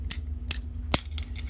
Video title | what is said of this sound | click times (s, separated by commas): Cold Steel Kudu /Okapi Face-off | it ratchets around to open, and then it locks in place into the back of the | 0.9 s